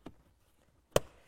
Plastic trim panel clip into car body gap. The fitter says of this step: bisschen hin und her bewegen, bis man den Clip rasten hört